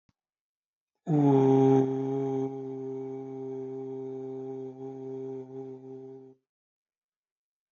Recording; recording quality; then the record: sustained vowel as in boot; excellent, no background noise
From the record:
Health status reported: healthy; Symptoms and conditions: diabetes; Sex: male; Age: 54 years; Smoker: not ticked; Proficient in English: yes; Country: India